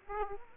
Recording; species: mosquito wingbeat signal from an infrared sensor; Aedes aegypti